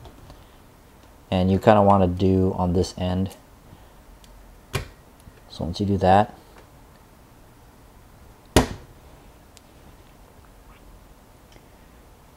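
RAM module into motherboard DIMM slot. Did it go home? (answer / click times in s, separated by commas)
yes / 8.6 s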